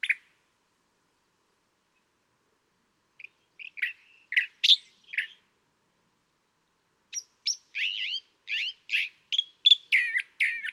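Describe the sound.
California thrasher singing: an opening note, a long quiet gap, then bursts of chirped, slurred phrases and a series of varied notes.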